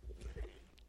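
A quiet, low, irregular rumbling gurgle lasts under a second, with a brief higher squeak near the end. These are stomach growls (borborygmi) from an adult woman who is hungry, ordinary gut sounds from gas and fluid moving through the bowel.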